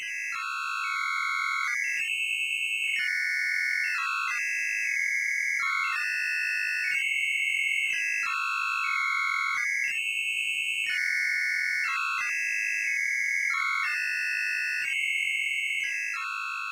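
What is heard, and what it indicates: Shrill, alternating pure electronic tones built to make a difference tone arise inside the listener's own ear.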